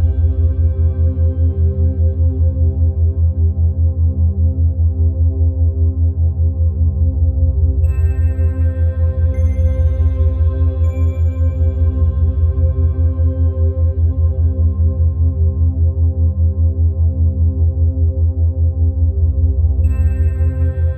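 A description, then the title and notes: A low, steady hum pulses rapidly and evenly, about five beats a second, with a deep rounded tone like a struck bowl underneath. Brighter, shimmering overtones join around eight seconds and fade near twenty, then briefly return at the end. 5Hz Theta Waves.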